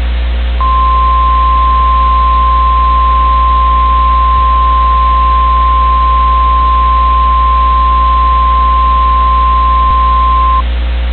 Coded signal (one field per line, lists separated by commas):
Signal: Emergency Alert System (SAME) tones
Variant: 1050 Hz attention tone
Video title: EAS Scenario - Category 6 (Part 1)